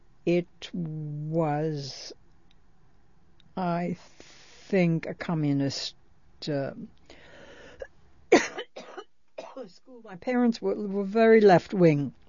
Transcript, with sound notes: It was, I think, a Communist. (she coughs) My parents were very left wing.